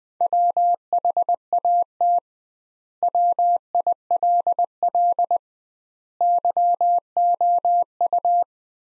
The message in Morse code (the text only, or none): WHAT WILL YOU